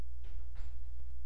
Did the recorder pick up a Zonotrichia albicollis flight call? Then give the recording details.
no. No flight call is heard. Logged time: 23:24 on 13 September 2014